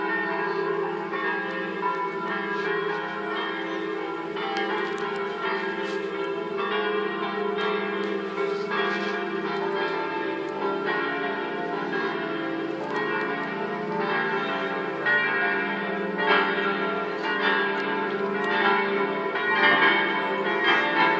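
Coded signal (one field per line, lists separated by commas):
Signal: bell signal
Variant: Italian distesa, five bells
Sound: several church bells swinging freely, overlapping strikes ringing continuously for the whole clip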